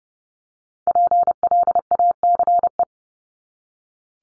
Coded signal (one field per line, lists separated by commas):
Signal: Morse code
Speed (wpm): 30 wpm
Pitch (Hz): 700 Hz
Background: none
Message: PLACE